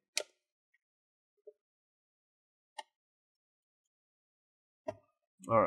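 An opening tool is twisted between the top and bottom plastic covers along the left side of an ASUS X550z laptop, releasing the plastic bottom cover's retaining clips. Sharp clicks are heard at 0.2, 1.5, 2.8 and 4.9 seconds as the clips pop loose, with near silence in between. At the end, someone talks.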